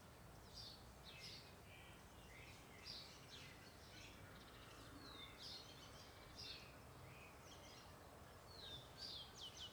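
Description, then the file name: Birds give quick, high chirps and twittering phrases, repeated steadily over a soft rumbling background. Park ambience at Parque Olhos d'Água. "Ambiencia parque olhos dagua com passaros, vozes e passa uma moto no final"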